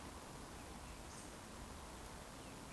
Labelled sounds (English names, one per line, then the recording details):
Eurasian Woodcock whistle
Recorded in Baden-Württemberg, Germany, on 12 June 2020 at 20:22 UTC
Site 14569, 102 m above sea level